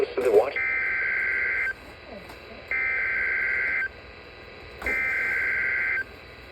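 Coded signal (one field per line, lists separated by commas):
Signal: Emergency Alert System (SAME) tones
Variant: header bursts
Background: speech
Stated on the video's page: Real EAS alerts received during summer 2025, compiled into a mock Nintendo Direct presentation.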